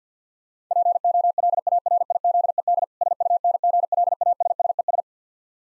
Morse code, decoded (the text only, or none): POLARIZED SUNGLASSES